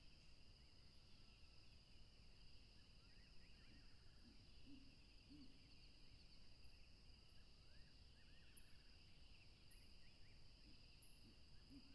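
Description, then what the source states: Crickets trill continuously in a steady chorus, with soft low notes, a few rising swoops and a series of faint high chirps later on. Crickets recorded at a tropical river.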